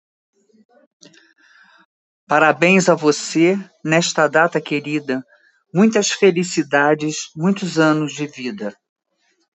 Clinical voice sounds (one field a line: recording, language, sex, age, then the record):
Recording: short text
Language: Brazilian Portuguese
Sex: female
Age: 70 to 79 years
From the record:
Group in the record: control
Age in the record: 72 years